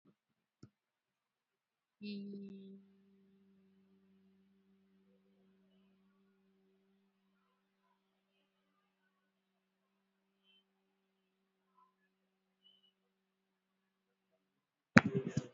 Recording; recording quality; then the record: sustained vowel as in beet; excellent, no background noise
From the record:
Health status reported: COVID-19 positive, moderate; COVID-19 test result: positive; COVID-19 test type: RT-PCR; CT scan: not taken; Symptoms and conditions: cold, sore throat, loss of smell and taste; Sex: female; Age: 35 years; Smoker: no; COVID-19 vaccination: one dose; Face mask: worn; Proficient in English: yes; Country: India